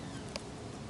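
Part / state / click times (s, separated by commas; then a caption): 18650 battery into plastic battery holder box / seated / 0.4 s. A protected Nitecore 18650 lithium cell is pressed into a Nitecore NBM40 plastic battery holder box. It pops in with a single short click at 0.4 s over a steady background hiss, and it sits perfectly and tight.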